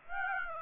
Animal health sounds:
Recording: mosquito wingbeat signal from an infrared sensor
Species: Aedes aegypti

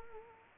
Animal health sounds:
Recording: mosquito wingbeat signal from an infrared sensor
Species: Culex quinquefasciatus

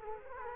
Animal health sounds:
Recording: mosquito wingbeat signal from an infrared sensor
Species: Culex quinquefasciatus

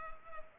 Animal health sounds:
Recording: mosquito wingbeat signal from an infrared sensor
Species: Culex pipiens

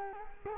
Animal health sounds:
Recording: mosquito wingbeat signal from an infrared sensor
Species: Culex quinquefasciatus

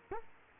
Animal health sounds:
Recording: mosquito wingbeat signal from an infrared sensor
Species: Culex quinquefasciatus

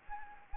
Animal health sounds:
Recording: mosquito wingbeat signal from an infrared sensor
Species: Anopheles gambiae

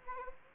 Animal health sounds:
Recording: mosquito wingbeat signal from an infrared sensor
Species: Anopheles arabiensis

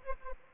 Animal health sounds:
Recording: mosquito wingbeat signal from an infrared sensor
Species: Anopheles arabiensis

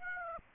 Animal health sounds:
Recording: mosquito wingbeat signal from an infrared sensor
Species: Aedes aegypti

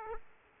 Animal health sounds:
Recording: mosquito wingbeat signal from an infrared sensor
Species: Aedes aegypti

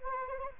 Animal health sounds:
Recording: mosquito wingbeat signal from an infrared sensor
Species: Anopheles arabiensis

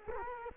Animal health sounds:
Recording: mosquito wingbeat signal from an infrared sensor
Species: Culex quinquefasciatus

